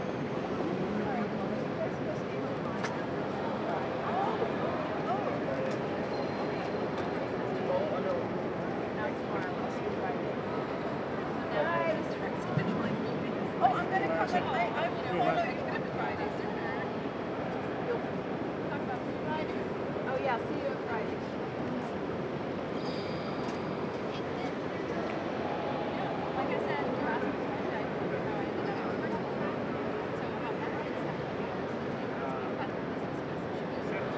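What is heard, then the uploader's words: Crowd noise fills 30th Street Station, a steady dense murmur of many overlapping voices with no single speaker standing out. Brief clicks and clatters surface around 12 to 16 seconds, and a faint high tone appears near 23 seconds over the constant low hum. 30th Street Station, 30th and Market Streets. The Solari board at the train station that announces arrivals and departures will soon be replaced by an LED screen, which will deprive us of the ticking and tacking of its mechanical action.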